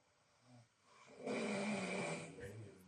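An adult snoring: a broad, rough snore swells up loudly and then fades away.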